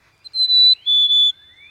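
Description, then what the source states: Black-capped Chickadee song: a clear whistled high note followed by a slightly lower whistle of similar length, a simple two-part phrase. Typical song heard across the northern United States and Canada, common in parks and neighborhoods: one high note followed by one or two low notes.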